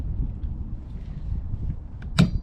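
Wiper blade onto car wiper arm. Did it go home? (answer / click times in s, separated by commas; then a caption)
yes / 2.0 s, 2.2 s. A new windshield wiper blade is pushed onto the wiper arm's connector of a 2013 to 2018 Toyota Avalon over a low background rumble. A faint tick at 2.0 s is followed by a sharp click at 2.2 s as the blade snaps and locks into place.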